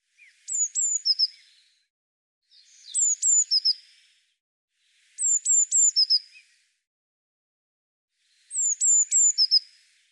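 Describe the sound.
Eurasian blue tit calling: four bursts of two or three thin, high, falling notes, each followed by a few slightly lower notes, repeated every two to three and a half seconds.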